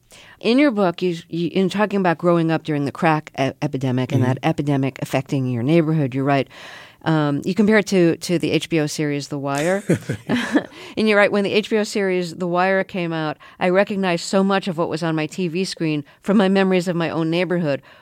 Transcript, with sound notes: In your book, in talking about growing up during the crack epidemic and that epidemic affecting your neighborhood, you write - you compare it to the HBO series "The Wire." (LAUGHTER) And you write: When the HBO series "The Wire" came out, I recognized so much of what was on my TV screen from my memories of my own neighborhood.